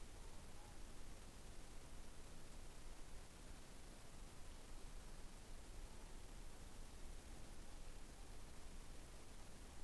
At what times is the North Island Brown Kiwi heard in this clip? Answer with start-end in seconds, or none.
none